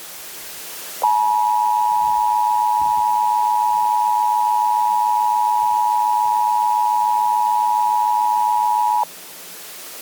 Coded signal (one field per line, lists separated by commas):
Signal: Emergency Alert System (SAME) tones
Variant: 853 and 960 Hz attention tone